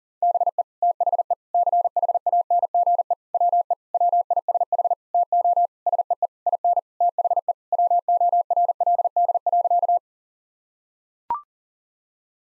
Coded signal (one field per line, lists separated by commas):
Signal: Morse code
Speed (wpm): 40 wpm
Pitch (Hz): 700 Hz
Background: none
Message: BE THE CHANGE WE WISH TO SEE IN THE WORLD.